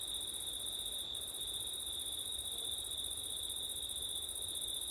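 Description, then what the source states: Crickets trill in an even, persistent high chorus, the tone steady throughout, over faint low background noise. Crickets recorded on a September night with wind; ORTF stereo setup.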